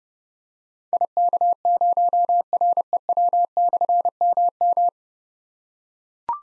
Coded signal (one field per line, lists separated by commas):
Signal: Morse code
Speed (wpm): 30 wpm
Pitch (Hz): 700 Hz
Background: none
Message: IK0REW/MM